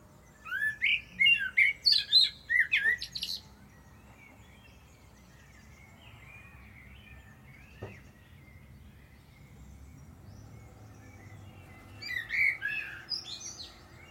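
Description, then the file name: Common blackbird song: a run of fluty whistled notes followed by high twitter, a long quiet gap, then another brief phrase of whistles near the end. "Turdus merula"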